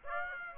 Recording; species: mosquito wingbeat signal from an infrared sensor; Aedes aegypti